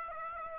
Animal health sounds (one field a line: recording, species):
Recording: mosquito wingbeat signal from an infrared sensor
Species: Aedes aegypti